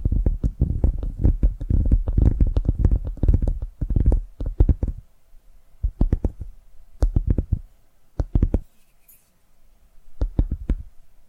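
Tapping sounds come in dense, fast bursts for the first five seconds, each tap a short sharp knock with a heavy low thump. After that the taps thin into scattered small clusters separated by near silence, with a faint brief hiss just past nine seconds.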